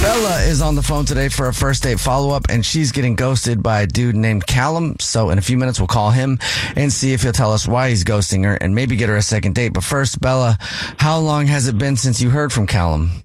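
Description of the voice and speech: A man speaks fluently and briskly in a clear, steady voice with normal pitch variation, introducing a radio call-in segment.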